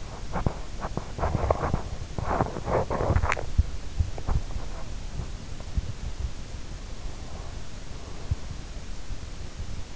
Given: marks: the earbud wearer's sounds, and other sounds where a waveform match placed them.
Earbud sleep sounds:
sounds in sleep by an in-ear microphone; teeth grinding
0.00-4.47 s: teeth grinding

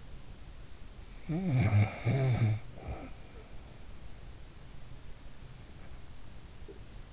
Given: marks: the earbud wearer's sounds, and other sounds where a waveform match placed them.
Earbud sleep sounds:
sounds in sleep by an in-ear microphone; snoring breath
0.48-4.14 s: snoring breath

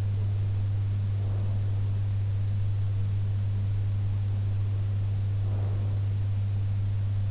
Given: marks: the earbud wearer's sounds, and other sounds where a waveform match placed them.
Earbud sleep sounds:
sounds in sleep by an in-ear microphone; breath
1.11-2.04 s: breath
5.37-6.13 s: breath

